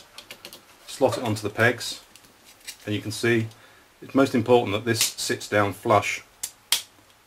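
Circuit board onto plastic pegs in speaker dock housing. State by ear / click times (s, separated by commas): seated / 6.4 s, 6.7 s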